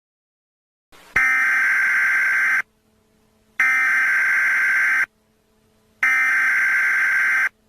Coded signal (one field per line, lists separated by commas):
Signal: Emergency Alert System (SAME) tones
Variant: header bursts